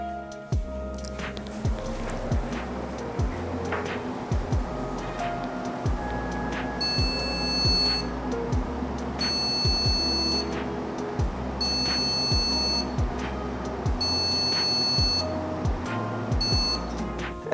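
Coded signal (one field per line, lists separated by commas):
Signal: beep code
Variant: motherboard POST beeps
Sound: a long electronic beep repeating about five times, roughly every 1.5 seconds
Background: background music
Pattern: 1 long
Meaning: A repeating long beep signals a memory problem, here no RAM installed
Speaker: there we have it one long beep i'm saying one long i know it beats about four or five times but that beep was just on repeat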